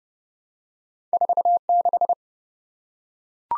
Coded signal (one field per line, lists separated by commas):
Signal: Morse code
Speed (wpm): 30 wpm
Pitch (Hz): 700 Hz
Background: none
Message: 46